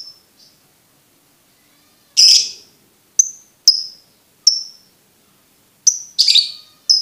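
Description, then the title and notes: Lovebird calls: a short harsh burst, then scattered sharp high chirps, ending in a cluster of chirps. For birds to learn the ngekek song style. "MASTERAN BURUNG. Belajar Ngekek. lofbet"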